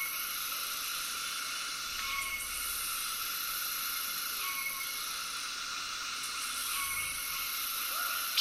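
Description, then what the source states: Cicadas droning steadily in layered high buzzy bands. Tropical soundscape with cicadas calling.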